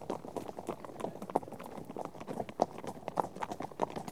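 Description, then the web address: Horse hoofbeats, a busy overlapping clatter of many hooves, a few sharper thuds standing out. A herd of horses out on trek. "BBC Sound Effects Library - Horses Herd of horses out on trek"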